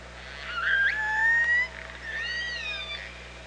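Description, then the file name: Orca call, a long loud harmonic tone that rises slightly then holds level before cutting off, followed by a softer arching call, over a faint steady hum. OrcaLab hydrophone, 24 August 2017, 07:48. "Orca Lab UTLN JASON 20170824 074812"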